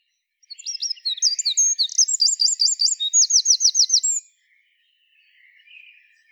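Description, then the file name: Eurasian wren song: a rapid, high, loud burst of varied chattering notes ending in a fast, even trill, lasting about four seconds, then faint chirps. "Troglodytes troglodytes"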